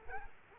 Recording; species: mosquito wingbeat signal from an infrared sensor; Culex quinquefasciatus